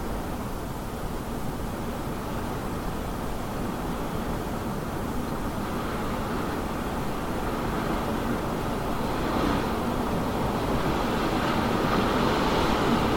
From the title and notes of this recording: This audio track captures the haunting and mesmerizing sound of winds as they howl through landscapes, creating an eerie and otherworldly atmosphere.